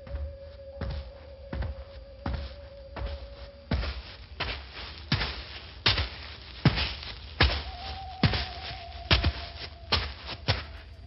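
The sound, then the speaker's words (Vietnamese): A steady series of dull human footsteps coming from behind, about one every second, thudding over a low hum and a faint held tone, the steps growing slightly louder as they go on. No one speaks. “đột nhiên lại nghe thấy phía sau có tiếng bước chân người.”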